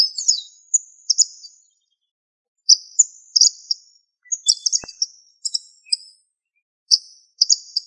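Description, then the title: Bird song: bright, high-pitched twittering phrases of clipped chirps and short slurred notes, repeated in several bursts with gaps between. "LuckyPassaro Completos2Sama"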